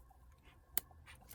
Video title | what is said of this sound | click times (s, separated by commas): 자전거 체인 단수별 차이점, 체인 연결 및 커팅 방법 | 딱 소리가 나는지 확인을 해줘야 됩니다 이렇게 하면 | 0.8 s